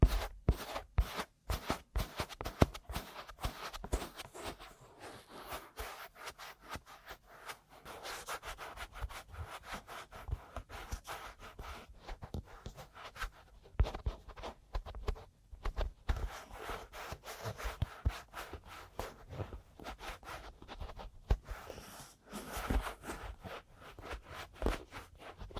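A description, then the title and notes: Dry rubbing and scratching against the microphone, like an ear massage, runs in dense, uneven bursts for the whole stretch. Sharp taps and crackles cut in irregularly, with brief near-silent gaps around 8, 15 and 22 seconds. ASMR Aggressive Ear Massage & Tapping (No Talking).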